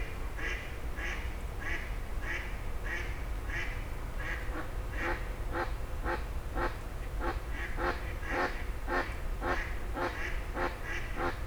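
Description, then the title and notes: Grey heron harsh croaking calls in a fast, uneven series of short rasping notes, about a hundred a minute, over a steady low traffic rumble. Several grey herons exchanging calls at 04h00 in Fenouillet, France, as traffic gradually resumes. "44 Rue des Gourgues, 31150 Fenouillet, France - 04h00-Dialogue de Hérons cendrés. 04h00-Alors que la circulation reprend peu à peu, des hérons cendrés se font des politesses"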